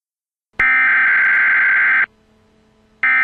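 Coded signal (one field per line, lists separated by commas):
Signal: Emergency Alert System (SAME) tones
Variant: header bursts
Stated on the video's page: Mock 911 telephone outage emergency for Luzerne County.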